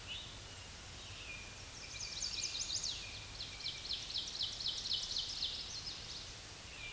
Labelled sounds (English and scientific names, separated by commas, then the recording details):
Ovenbird (Seiurus aurocapilla) song
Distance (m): 30 m
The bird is about level with the microphone
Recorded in a Pennsylvania forest on 16 May 2024 at 07:34
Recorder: AudioMoth, point MSD-2163
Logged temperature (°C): 16.1 °C
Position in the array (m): 209 m, 129 m